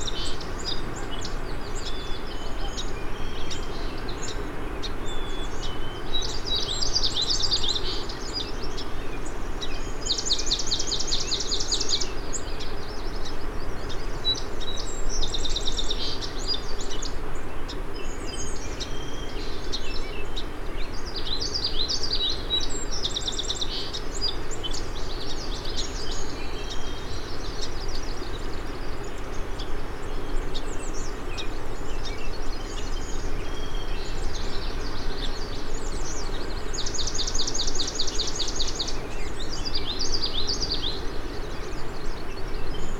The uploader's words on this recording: It’s been about an hour and I’m still exploring the short stretch between Crane River and Scuggog Lake — it seems the longer I’m here, the more migrant songbirds arrive.